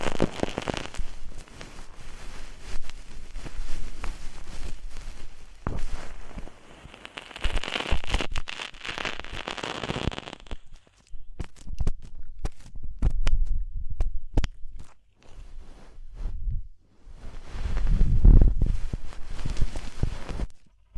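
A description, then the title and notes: Deep ear cleaning, with dense crackling and scratchy rubbing for the first ten seconds that brightens into a hissy scrape around seconds 7 to 10. After that the sound thins to scattered sharp clicks and pops over low, muffled rumbling swells. DEEP Ear Penetrating Cleaning.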